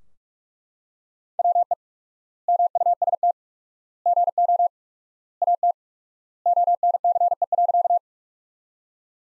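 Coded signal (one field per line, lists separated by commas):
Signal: Morse code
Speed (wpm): 42 wpm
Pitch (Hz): 700 Hz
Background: none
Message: WE MUST GO AT ONCE.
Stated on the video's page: Practice sentences from top 300 words at 45 wpm with 4x word spacing, a word-based analogue of Farnsworth.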